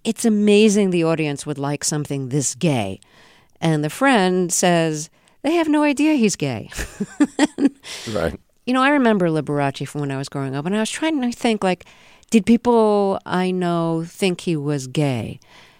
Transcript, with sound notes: It's amazing the audience would like something this gay. And the friend says: They have no idea he's gay.
(LAUGHTER) Right.
You know, I remember Liberace from when I was growing up, and I was trying to think, like, did people I know think he was gay?